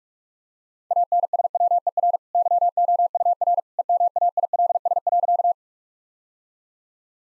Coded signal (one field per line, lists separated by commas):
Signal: Morse code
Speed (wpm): 46 wpm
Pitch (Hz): 700 Hz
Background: none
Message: ANSWER YOUR EMAILS.